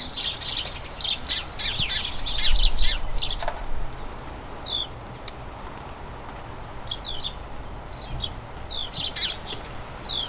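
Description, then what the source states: House sparrows chattering loudly for the first few seconds, then thinning to scattered single chirps and short downslurred notes over quiet background. A dozen house sparrows, a colony in a small front garden as crocuses bloom, chattering incessantly and excitedly as they turn toward the breeding season; recorded by Fergus Collins.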